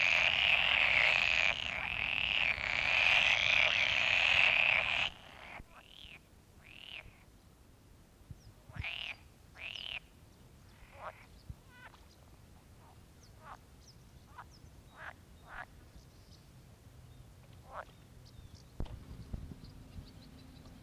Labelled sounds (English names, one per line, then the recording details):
Pool Frog call
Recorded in the wild
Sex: male
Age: adult
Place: Höhenland, OT Steinbeck, Barnim, Brandenburg, DE
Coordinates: 52.7083, 13.9231
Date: 1967-06-23
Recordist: Günther, Rainer